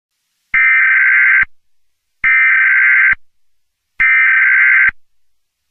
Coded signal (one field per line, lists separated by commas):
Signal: Emergency Alert System (SAME) tones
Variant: header bursts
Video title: The Fireball: An Asteroid EAS Scenario